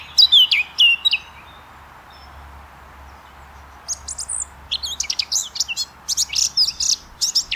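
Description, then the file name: Eurasian blackcap song: a short burst of high, scratchy warbled notes, a pause of about two and a half seconds, then a rapid, varied chattering warble to the end. "Sylvia atricapilla"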